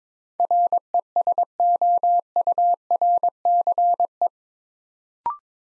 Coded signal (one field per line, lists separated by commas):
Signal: Morse code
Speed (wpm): 22 wpm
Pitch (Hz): 700 Hz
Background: none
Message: RESOURCE